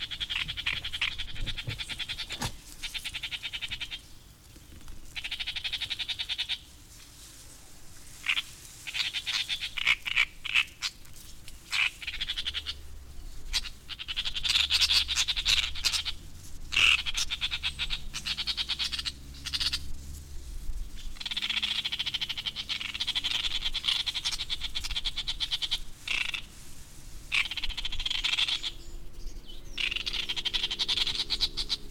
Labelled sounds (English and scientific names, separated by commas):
Great Reed Warbler (Acrocephalus arundinaceus)